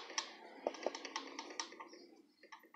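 A plastic locking washer is handled on the stem of an 11 mm safety eye pushed through a crocheted amigurumi head, giving light, scattered tapping and clicking sounds with sharper ticks around 0.2 s and 1.6 s. The clip ends before the washer goes home, and nothing has seated or clicked into place yet.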